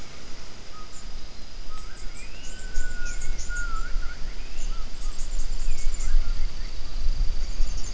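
Gibbon calls: a series of whistled notes that rise and fall, including one long sustained tone midway, over a steady high hiss and low background rumble.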